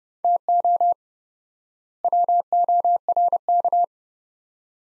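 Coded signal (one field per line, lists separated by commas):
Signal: Morse code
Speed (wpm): 30 wpm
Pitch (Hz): 700 Hz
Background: none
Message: TO WORK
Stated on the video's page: Morse practice sets of two words at 30 wpm with 4x word spacing, a word-level analogue of Farnsworth spacing, for head-copy training.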